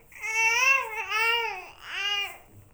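A baby cries in two short, high-pitched wailing bursts.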